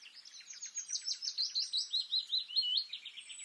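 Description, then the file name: Common nightingale song, a quick rattling series of clicky notes shifting into a rapid string of repeated higher swept notes. "Luscinia megarhynchos"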